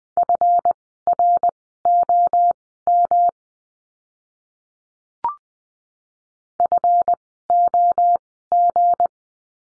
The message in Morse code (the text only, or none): FROM FOG